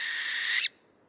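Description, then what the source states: Northern Hawk Owl giving a shrill, hissing screech, intensifying toward its end before cutting off sharply; nothing else audible. Hunts by sight in broad daylight; one of 19 owl species in the U.S. and Canada.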